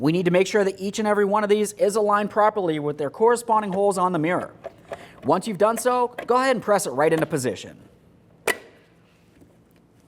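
Someone talks while the mirror glass backing plate on the left exterior side mirror of a 2012-2018 Nissan Altima is aligned with its locking tabs over the corresponding holes in the housing and pressed into position. After the talking stops, a single sharp click is heard at 8.5 s, followed by quiet. The locking tabs engage and the mirror glass is seated.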